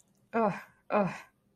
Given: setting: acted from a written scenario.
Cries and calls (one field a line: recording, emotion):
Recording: vocal sound without words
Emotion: pain